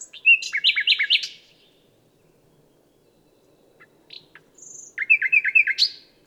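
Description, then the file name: Common nightingale singing two short jumbled phrases of quick chirping notes, separated by a pause with a few faint single notes and a thin whistle. "Luscinia megarhynchos"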